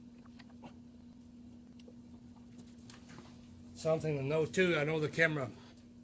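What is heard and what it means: A spark plug wire boot is handled at a spark plug on a GMC engine, making a few faint ticks and knocks over a steady low hum during the first three seconds. Someone then talks from about 3.8 seconds to the end. The boot has not yet clicked or seated on the plug terminal.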